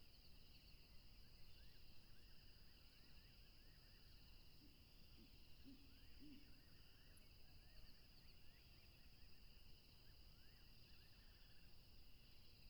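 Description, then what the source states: Cricket chorus trilling steadily at two high pitches, with frequent short rising chirps and a brief cluster of low notes near five to six seconds over rushing noise. Crickets recorded along a tropical river.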